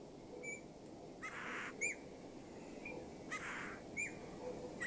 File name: Pyrrhula pyrrhula